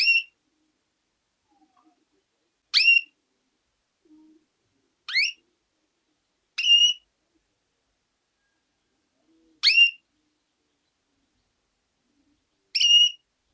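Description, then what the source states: Canary calls: six short upswept whistled notes at uneven gaps, otherwise quiet apart from a faint low sound. Female.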